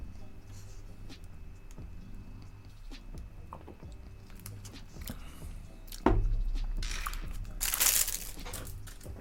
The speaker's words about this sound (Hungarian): Bocsi, Obika, hiába zörgök megint zacskóval, ez még mindig nem jutalomfalat, csak műanyag. Továbbra is csak műanyagok vannak itt.